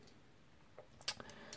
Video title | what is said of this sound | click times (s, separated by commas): Leatherman Surge - Review | folds in this locks into place and to fold it in you gotta press down there | 1.1 s